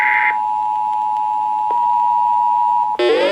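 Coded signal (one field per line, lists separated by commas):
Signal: Emergency Alert System (SAME) tones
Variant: 853 and 960 Hz attention tone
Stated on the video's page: Flash Flood Warning SAME tones received on several weather radio and broadcast stations.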